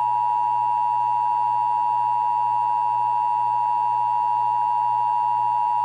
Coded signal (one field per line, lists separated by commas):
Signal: Emergency Alert System (SAME) tones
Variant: 853 and 960 Hz attention tone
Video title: (EAS #153-157) April 2022 Texas Required Monthly Test (WBAP-AM, KSKY-AM, KSCS-FM, KERA-FM, WFAA-TV)